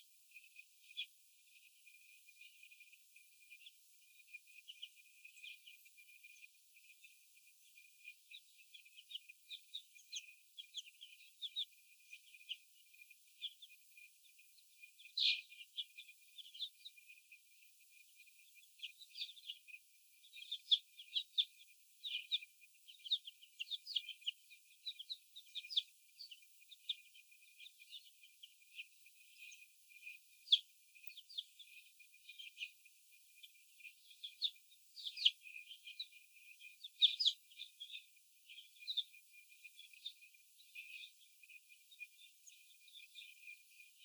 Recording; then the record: young laying hens in a cage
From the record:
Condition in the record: after the stressor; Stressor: sudden umbrella opening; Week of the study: 2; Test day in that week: 1